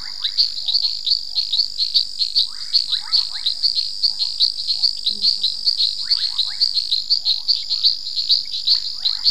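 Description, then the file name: Long-nosed reed frog chorus of quick, high-pitched clicks in steady succession, with intermittent lower raspy calls and a brief low note midway. "Hyperolius nasutus"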